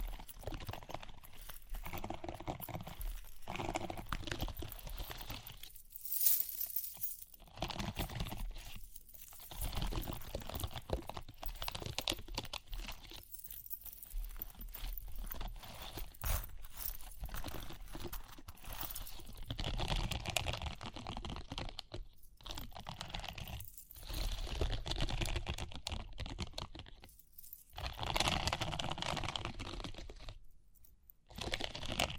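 Tapping and scratching, with crunchy, crinkly rubbing textures that come in bursts of a few seconds, broken by short silent gaps around 6, 9, 22 and 27 seconds. The sounds are dense and irregular, with brighter scratchy flurries between steadier soft rustling.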